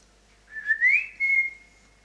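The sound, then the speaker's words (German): A person whistles to call their Rehpinscher (miniature pinscher) dog: a rising, wavering note followed by a longer, steady high tone, two clear bursts with no talking. “Das war sein Pfiff. Dann ist er immer gekommen.”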